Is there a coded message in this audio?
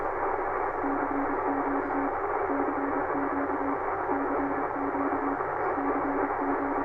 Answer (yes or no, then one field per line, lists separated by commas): yes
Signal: Morse code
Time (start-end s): 0.8-6.8 s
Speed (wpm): 26 wpm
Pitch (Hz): 280 Hz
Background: radio noise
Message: CQ CQ CQ CG